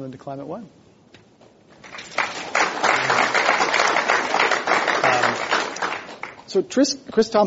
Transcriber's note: applause